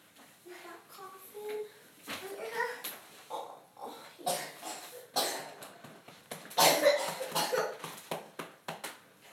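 A young child, just woken in the morning by his own coughing, whimpers briefly, then gives a run of harsh, noisy cough bursts in quick succession, some with a wet, rattly edge. Overnight the cough changed from a dry bark to this different sound.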